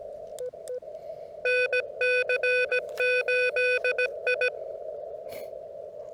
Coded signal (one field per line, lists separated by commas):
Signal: Morse code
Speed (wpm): 16 wpm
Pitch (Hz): 500 Hz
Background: radio noise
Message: EE NC8I